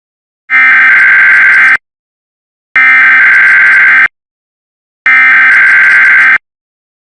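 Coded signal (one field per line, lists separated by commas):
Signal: Emergency Alert System (SAME) tones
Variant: header bursts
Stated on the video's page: Simulated EAS scenario.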